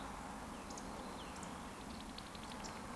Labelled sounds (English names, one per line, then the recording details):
Eurasian Woodcock whistle
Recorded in Baden-Württemberg, Germany, on 13 June 2020 at 20:12 UTC
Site 14569, 102 m above sea level